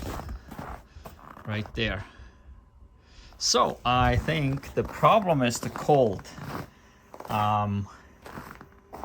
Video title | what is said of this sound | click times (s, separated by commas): Failed Supercharging at 13%SOC in below freezing temps, almost 30 miles from home.Tesla Model 3 AWD | I could hear the latch do the same thing as it did at the supercharger, trying to go, but then | none